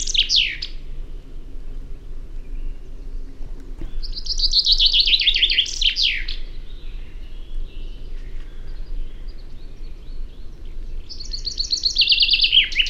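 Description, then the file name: Common chaffinch singing: the end of one phrase, a full phrase with a trill that drops in pitch and ends in a flourish, then the start of another, over a constant low hum. "Fringilla coelebs"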